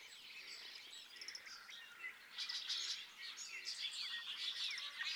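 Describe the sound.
Bobolink song, a dense, bubbling jumble of tinkling, metallic notes running continuously.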